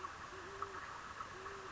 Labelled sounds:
Great Horned Owl (Bubo virginianus)
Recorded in Sonoma County, California

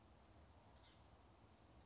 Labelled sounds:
Oak Titmouse (Baeolophus inornatus)
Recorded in Sonoma County, California

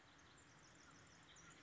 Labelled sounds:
Pacific Wren (Troglodytes pacificus)
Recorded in Sonoma County, California

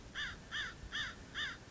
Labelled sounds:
American Crow (Corvus brachyrhynchos)
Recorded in Sonoma County, California

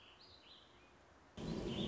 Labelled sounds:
Warbling Vireo (Vireo gilvus)
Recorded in Sonoma County, California

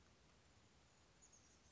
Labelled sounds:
Oak Titmouse (Baeolophus inornatus)
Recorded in Sonoma County, California

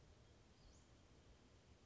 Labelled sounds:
Western Flycatcher (Empidonax difficilis)
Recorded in Sonoma County, California

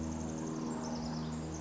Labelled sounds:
Pacific Wren (Troglodytes pacificus)
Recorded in Sonoma County, California

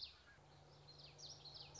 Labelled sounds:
Common Yellowthroat (Geothlypis trichas)
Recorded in Sonoma County, California

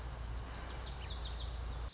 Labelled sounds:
Lazuli Bunting (Passerina amoena)
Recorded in Sonoma County, California

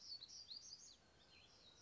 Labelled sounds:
Black-throated Gray Warbler (Setophaga nigrescens)
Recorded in Sonoma County, California

